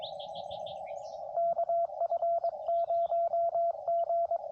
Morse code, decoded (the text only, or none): KF0G